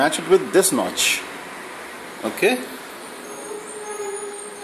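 A laptop-style SO-DIMM memory module is lined up by its notch in the memory slot of an Intel NUC Kit NUC5PPYH mini PC (N3700 2.40 GHz, Quad Core) before being pushed in and pressed down. Someone talks briefly over a faint steady background hum. Nothing has seated or clicked yet.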